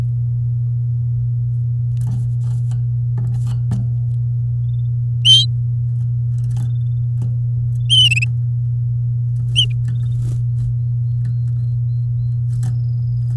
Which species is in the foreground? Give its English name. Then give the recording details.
Domestic Canary. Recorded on 8 May 2018 at 09:25. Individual llb16